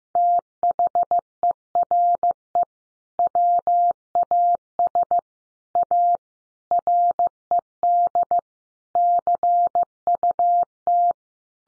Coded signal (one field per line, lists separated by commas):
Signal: Morse code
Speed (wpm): 15 wpm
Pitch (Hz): 700 Hz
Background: none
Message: THERE WAS A RED CUT